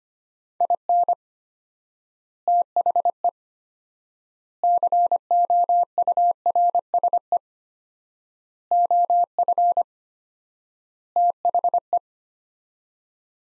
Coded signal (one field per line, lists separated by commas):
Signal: Morse code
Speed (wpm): 25 wpm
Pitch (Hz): 700 Hz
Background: none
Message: IN THE COURSE OF THE